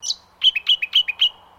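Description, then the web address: Brown honeyeater call, a sharp opening chirp followed by a quick run of seven alternating clear, slurred notes, high and lower. "Sound Effects-Foundation 1 BIRD BROWN HONEY EATER CALL"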